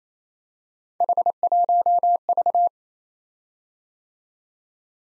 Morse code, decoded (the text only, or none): H1V